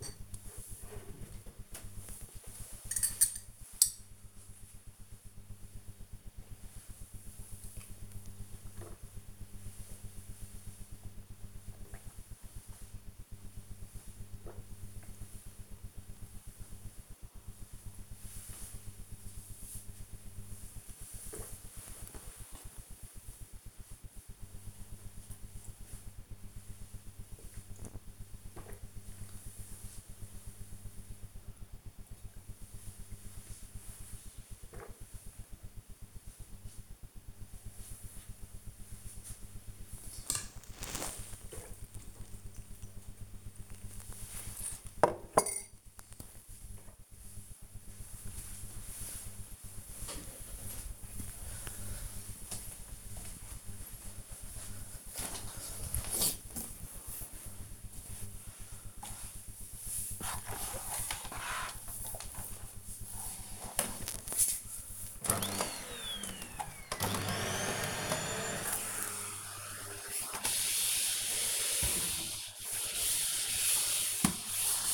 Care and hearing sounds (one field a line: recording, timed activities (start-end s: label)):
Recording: household activities, microphone on the right wrist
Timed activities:
0.59-41.91 s: drinking
65.10-74.94 s: vacuum cleaning